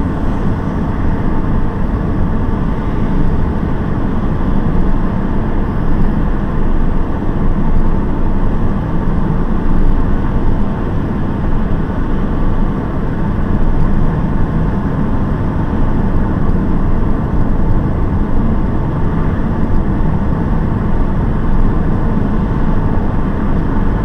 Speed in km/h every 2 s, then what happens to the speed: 72, 73, 74, 75, 76, 76, 75, 75, 74, 75, 78, 80.
0-18 steady at about 75.